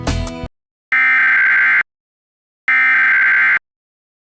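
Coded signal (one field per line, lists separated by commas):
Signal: Emergency Alert System (SAME) tones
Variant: header bursts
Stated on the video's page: Mock EAS alert demonstrating a U-verse cable TV template; a simulated recreation.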